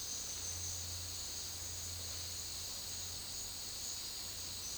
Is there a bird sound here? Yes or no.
no